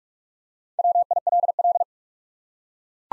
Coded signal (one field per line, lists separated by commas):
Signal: Morse code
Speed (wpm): 43 wpm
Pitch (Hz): 700 Hz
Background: none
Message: WILL